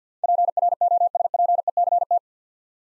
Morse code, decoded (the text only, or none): PROSPECT